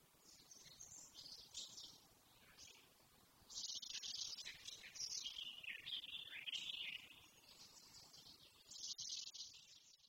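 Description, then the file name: Eurasian blackcap song: bursts of rapid, high chattering and warbling phrases, with a loud continuous stretch from about four to seven seconds and another near the end. "Sylvia atricapilla"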